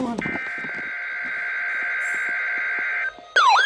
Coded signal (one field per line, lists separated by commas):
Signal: Emergency Alert System (SAME) tones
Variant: header bursts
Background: speech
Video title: PHI RWT on WXL39 and KIH28 EAS #1097-1098